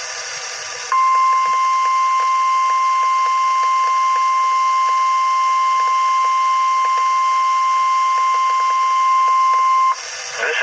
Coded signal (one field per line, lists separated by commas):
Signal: Emergency Alert System (SAME) tones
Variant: 1050 Hz attention tone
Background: speech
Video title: EAS: WXL40 Weekly Test (4/15/20)(EAS #314) with TFT Relay